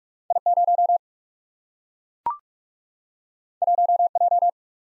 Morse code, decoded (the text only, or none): I 0 1 J